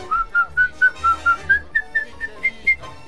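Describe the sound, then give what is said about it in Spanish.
A woman whistles a newly composed tango melody of short, clear notes in a steady rhythm, gradually stepping higher in pitch, over a soft, pulsing low accompaniment with no talking. “Lo compuso con ayuda de un piano de cartón, con su hermana menor, que sabía escribir música, y dijeron, bueno, ahora si podés, por favor, silbame lo que salió.”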